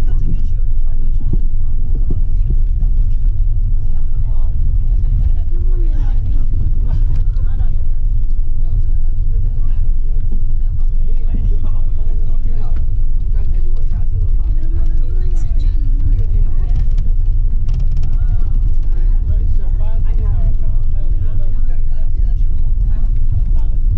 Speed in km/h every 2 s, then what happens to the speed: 11, 11, 11, 11, 11, 10, 9, 9, 10, 11, 12, 12.
0-24 steady at about 11.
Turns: 12-19.